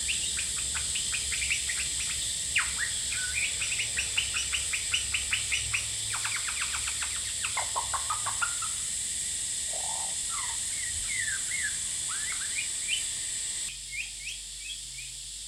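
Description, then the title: Superb lyrebird song opening with rapid repeated sharp notes, then slower whistled sweeps, over constant cicada buzzing. Male, singing vigorously outside a window at Horsfield Bay, New South Wales, Australia, 23 January 2017, with cicadas calling; noise reduction applied. "Lyrebird - Horsfield Bay NSW, Jan 23 2017"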